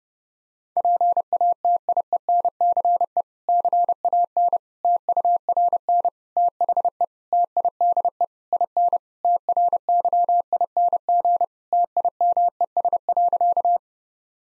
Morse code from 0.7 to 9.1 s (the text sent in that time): PATIENCE CAN TURN THE TIDE IN